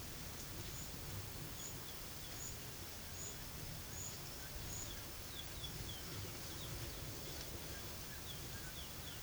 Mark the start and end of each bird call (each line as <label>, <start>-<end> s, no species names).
bird call, 4.79-6.76 s
bird call, 8.02-9.23 s